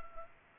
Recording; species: mosquito wingbeat signal from an infrared sensor; Culex pipiens